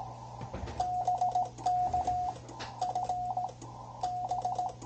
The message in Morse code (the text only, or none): BK FB